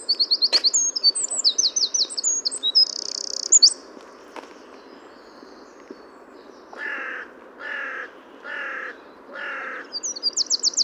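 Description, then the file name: Eurasian wren song: bursts of high, fast trills at the start and again at the end, with a separate lower, harsh note repeated four times in between. "Troglodytes troglodytes"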